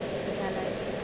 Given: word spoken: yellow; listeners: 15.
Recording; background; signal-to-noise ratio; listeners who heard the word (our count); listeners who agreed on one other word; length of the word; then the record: one English word in noise, from a listening test; speech-shaped noise; -5.9 dB; 1 of 15; 6 of 15; 0.65 s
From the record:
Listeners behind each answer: 6, 1, 1, 1, 1, 1, 1, 1, 1, 1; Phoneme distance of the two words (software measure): 20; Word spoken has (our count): 2 syllables, 4 phonemes, stress on syllable 1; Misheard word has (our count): 2 syllables, 4 phonemes, stress on syllable 2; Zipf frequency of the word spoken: 4.84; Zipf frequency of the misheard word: 5.60